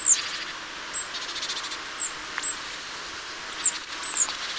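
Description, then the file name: Marsh tit calling with brief high-pitched downward-slurred notes at irregular intervals over a constant low hiss. "Poecile palustris"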